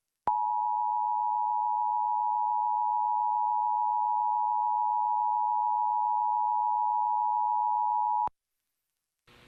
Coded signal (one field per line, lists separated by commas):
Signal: Emergency Alert System (SAME) tones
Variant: 853 and 960 Hz attention tone